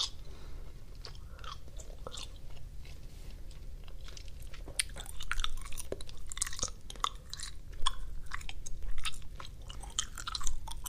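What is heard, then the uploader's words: Wet gum chewing and sticky mouth sounds, with soft smacks and clicks arriving every half second or so. Sharp tapping snaps grow denser after about five seconds. A low steady rumble sits underneath. ASMR Sticky Tapping and Mouth Sounds, Gum Chewing, Repeating Go to Sleep, Relaxing Trigger Words.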